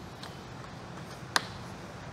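A plastic lower grille trim piece is pushed into a new painted front bumper cover of a 2013–2015 Toyota Avalon. A sharp snap is heard at 1.4 s over faint background noise, with a softer tick earlier at 0.2 s. The trim piece is seated.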